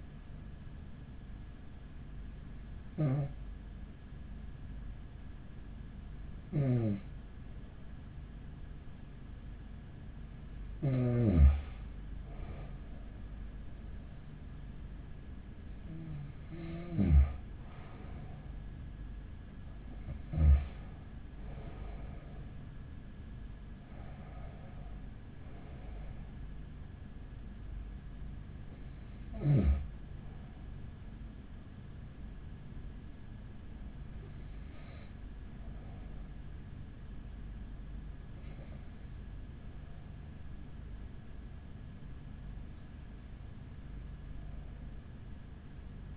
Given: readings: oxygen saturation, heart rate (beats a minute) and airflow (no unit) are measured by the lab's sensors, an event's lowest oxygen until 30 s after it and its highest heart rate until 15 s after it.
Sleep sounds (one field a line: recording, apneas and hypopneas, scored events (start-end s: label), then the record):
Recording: breathing in sleep by a smartphone at the bedside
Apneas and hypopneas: none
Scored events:
none scored
From the record:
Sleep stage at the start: N2 (light sleep)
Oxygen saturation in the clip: 93 to 95%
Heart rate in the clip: 43 to 49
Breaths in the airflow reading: 11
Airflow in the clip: -7.9 to 12.5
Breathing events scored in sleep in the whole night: 207 in 7.6 hours asleep